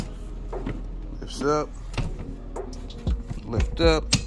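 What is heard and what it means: A freshly installed bucket seat back is being handled, lifted forward toward its latch in the seat frame, while someone talks. Short mechanical knocks and rattles come through under the voice, but nothing has seated or clicked yet; the seat back latch has not locked in place.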